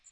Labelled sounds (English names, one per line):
Magnolia Warbler flight call